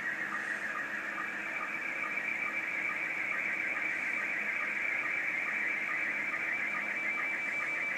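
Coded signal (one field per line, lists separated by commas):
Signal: SSTV (slow-scan television)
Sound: continuous warbling tone in the upper midrange, with short low ticks at a steady rhythm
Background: radio static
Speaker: there comes another photo across 14 decimal 230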